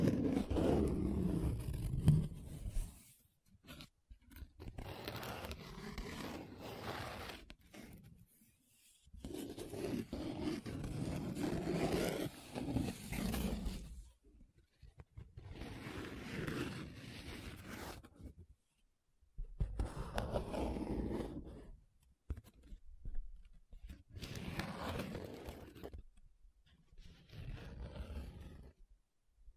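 Paper being rubbed and scratched in long, rough strokes, each lasting a few seconds and separated by short silences. The scraping is dense and gritty, heaviest in the low range with a hissy top, and shifts in pressure from stroke to stroke.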